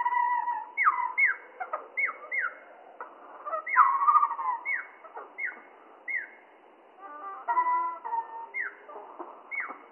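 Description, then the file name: Spotted flycatcher song, deep and stretched: repeated falling swoop notes mixed with warbling glides and clicks, steady throughout with a short quieter spell near seven seconds. Slowed down three octaves, mono. "GOBE MOUCHE GRIS MOINS TROIS OCTAVES MONO"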